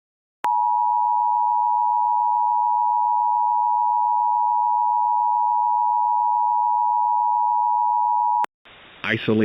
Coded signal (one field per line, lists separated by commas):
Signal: Emergency Alert System (SAME) tones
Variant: 853 and 960 Hz attention tone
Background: speech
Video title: The Sanctuary - An EAS Scenario/Audio Drama